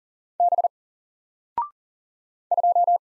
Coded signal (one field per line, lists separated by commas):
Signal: Morse code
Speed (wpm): 40 wpm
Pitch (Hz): 700 Hz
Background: none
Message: B 2